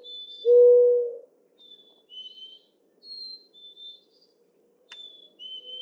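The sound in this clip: Mourning dove giving one long, low, steady coo, with faint coo fragments at the start and end and high whistled notes from other birds.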